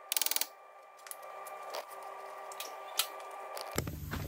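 On a Ford C-Max, the metal ball joint stud of a steel front suspension arm is tapped lightly into the hub knuckle with a hammer, giving quick metallic taps at 0.1, 0.2, 0.2, 0.3 and 0.4 seconds, with one more sharp knock near 3.0 seconds. The ball joint ends up only partly in, on purpose, not knocked fully home yet.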